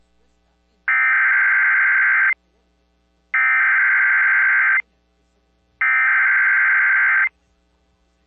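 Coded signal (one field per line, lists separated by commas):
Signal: Emergency Alert System (SAME) tones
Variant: header bursts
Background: speech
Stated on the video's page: Alerts captured during a hurricane affecting Puerto Rico.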